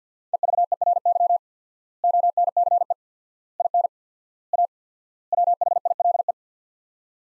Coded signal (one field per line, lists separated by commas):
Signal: Morse code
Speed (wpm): 50 wpm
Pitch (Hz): 700 Hz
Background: none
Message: EVERY ONCE IN A WHILE